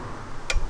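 A click-type torque wrench tightens a nut or bolt on a car until it reaches the chosen setting. A single sharp click sounds at 0.5 s, confirming that the set torque has been reached. Low rumbling continues around it.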